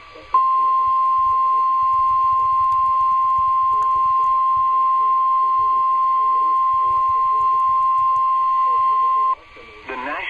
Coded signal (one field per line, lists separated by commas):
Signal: Emergency Alert System (SAME) tones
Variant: 1050 Hz attention tone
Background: speech